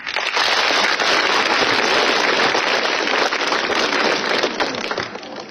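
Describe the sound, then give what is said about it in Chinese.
A theatre audience bursts into dense, loud applause as the host leaves the stage before a solo xiangsheng comedy performance, many hands clapping in a steady crackling wash that holds for about five seconds before easing off slightly at the end, with no voices. “想不到还真有人鼓掌，这就算开张大吉了。”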